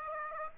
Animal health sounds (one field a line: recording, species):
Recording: mosquito wingbeat signal from an infrared sensor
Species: Aedes aegypti